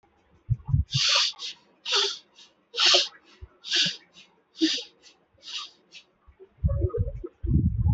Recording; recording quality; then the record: shallow breathing; moderate, slight background noise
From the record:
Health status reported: healthy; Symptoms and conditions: none ticked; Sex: male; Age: 59 years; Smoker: not ticked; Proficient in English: yes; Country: India